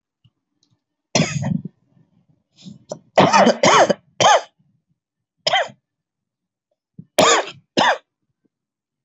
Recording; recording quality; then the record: heavy voluntary cough; excellent, no background noise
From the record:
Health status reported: healthy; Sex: male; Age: 27 years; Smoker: yes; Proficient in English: no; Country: India